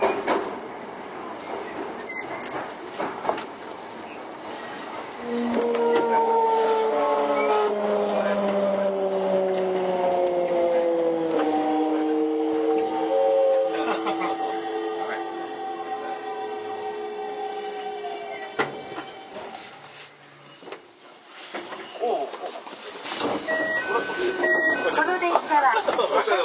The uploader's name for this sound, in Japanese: 都営5300形 押上ー五反田